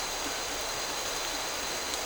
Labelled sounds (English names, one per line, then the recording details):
none
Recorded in dense forest near Puerto Asís, Putumayo, Colombia, on 9 March 2025 at 11:30
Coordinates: 0.467, -76.328
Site G041